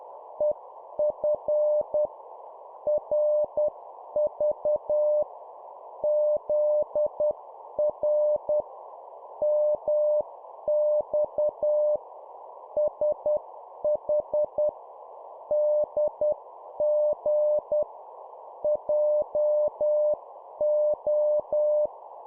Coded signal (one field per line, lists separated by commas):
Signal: Morse code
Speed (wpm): 10 wpm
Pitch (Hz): 600 Hz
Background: none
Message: EF RV ZR MX SH DG JO